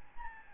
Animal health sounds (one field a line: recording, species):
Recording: mosquito wingbeat signal from an infrared sensor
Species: Aedes albopictus